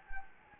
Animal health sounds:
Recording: mosquito wingbeat signal from an infrared sensor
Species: Anopheles gambiae

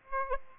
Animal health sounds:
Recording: mosquito wingbeat signal from an infrared sensor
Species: Aedes aegypti

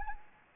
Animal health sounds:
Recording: mosquito wingbeat signal from an infrared sensor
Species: Anopheles gambiae

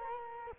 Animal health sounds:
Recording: mosquito wingbeat signal from an infrared sensor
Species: Culex quinquefasciatus

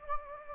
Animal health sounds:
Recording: mosquito wingbeat signal from an infrared sensor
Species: Anopheles gambiae

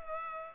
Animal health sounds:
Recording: mosquito wingbeat signal from an infrared sensor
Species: Culex pipiens

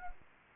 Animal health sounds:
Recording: mosquito wingbeat signal from an infrared sensor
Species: Anopheles arabiensis

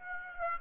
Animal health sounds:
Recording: mosquito wingbeat signal from an infrared sensor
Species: Aedes aegypti

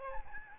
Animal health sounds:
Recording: mosquito wingbeat signal from an infrared sensor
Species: Aedes albopictus

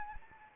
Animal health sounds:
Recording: mosquito wingbeat signal from an infrared sensor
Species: Anopheles arabiensis

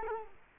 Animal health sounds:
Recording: mosquito wingbeat signal from an infrared sensor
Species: Culex quinquefasciatus

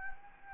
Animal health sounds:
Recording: mosquito wingbeat signal from an infrared sensor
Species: Anopheles gambiae

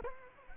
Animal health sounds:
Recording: mosquito wingbeat signal from an infrared sensor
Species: Culex quinquefasciatus

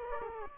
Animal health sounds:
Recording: mosquito wingbeat signal from an infrared sensor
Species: Culex quinquefasciatus

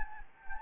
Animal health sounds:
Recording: mosquito wingbeat signal from an infrared sensor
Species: Anopheles gambiae

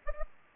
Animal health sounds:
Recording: mosquito wingbeat signal from an infrared sensor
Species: Anopheles gambiae

